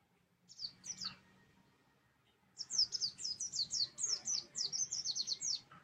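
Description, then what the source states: White-eye song, a few high notes followed by a rapid rolling run of sharp descending twitters, with a soft low hum behind. Song style given the local names ngalas and ngeroll.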